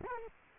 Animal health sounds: mosquito wingbeat signal from an infrared sensor; Culex quinquefasciatus

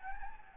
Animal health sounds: mosquito wingbeat signal from an infrared sensor; Anopheles gambiae

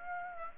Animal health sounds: mosquito wingbeat signal from an infrared sensor; Aedes aegypti

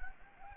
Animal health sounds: mosquito wingbeat signal from an infrared sensor; Anopheles gambiae

